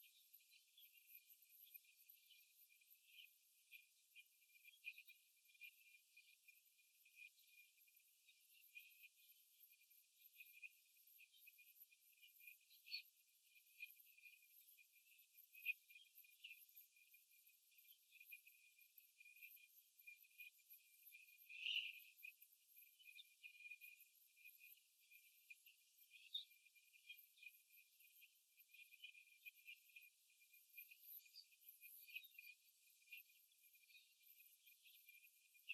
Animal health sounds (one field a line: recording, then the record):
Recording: young laying hens in a cage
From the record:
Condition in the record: after the stressor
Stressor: simulated dog barking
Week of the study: 3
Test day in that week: 2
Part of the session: 1